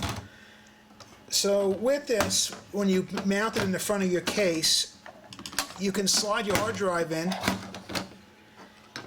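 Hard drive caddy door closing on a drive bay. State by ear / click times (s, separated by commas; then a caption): seated / 9.0 s. A Syba hard drive caddy mounted in the front of a case has a hard drive slid in, then its door is closed. Someone talks throughout, with small clicks and knocks of handling around 5.1 to 5.6 seconds and near 7.8 to 8.0 seconds. The caddy door snaps shut and latches at 9.0 seconds, seating the drive.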